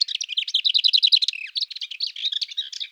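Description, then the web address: Lesser whitethroat giving a rapid, high, scratchy chatter of repeated notes, then a varied run of jumbled twittering notes. "Sylvia curruca"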